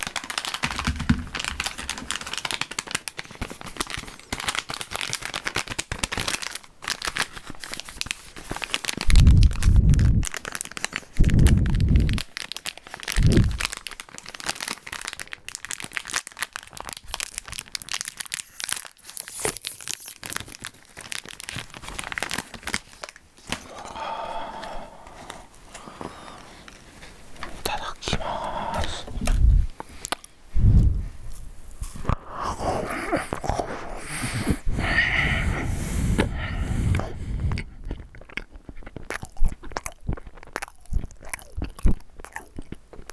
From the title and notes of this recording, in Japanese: 食べ物を食べる音。ファンのプレゼントお菓子。